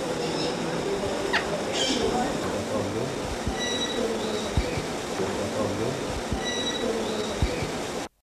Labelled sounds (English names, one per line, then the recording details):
Eclectus Parrot call
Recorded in captivity
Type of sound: call
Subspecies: roratus
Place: Vogelpark Walsrode, Niedersachsen, DE
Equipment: Halbspur, 9,5 cm/s
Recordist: Lütgens, Hans
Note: Rufe